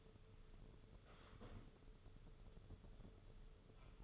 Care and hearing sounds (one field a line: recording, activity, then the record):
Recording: daily activity, microphone in the room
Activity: sit down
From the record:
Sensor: 4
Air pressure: 995.2 hPa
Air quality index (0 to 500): 216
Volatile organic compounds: 257 ppm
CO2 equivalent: 4379 ppm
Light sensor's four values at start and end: 18/47/18/22 and 19/48/19/22